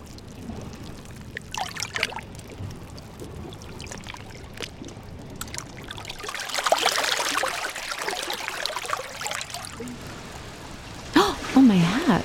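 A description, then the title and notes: Water sloshes and trickles along a rocky shoreline, quiet at first with scattered clicks and drips, then swelling into a fuller hissing wash from about six seconds. Near the end a short burst of louder splashing comes with a brief, wavering voice-like sound. Boronia Beach Sound Walk. A sound walk as I traverse a beautiful coastline in southern Tasmania.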